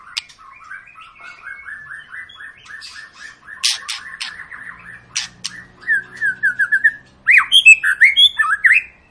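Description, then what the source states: White-rumped shama song, a long even string of soft repeated chirps, then louder sharp clicks and fast varied whistled notes. Long, lively lure song of a white-rumped shama, used to prompt other birds to sing.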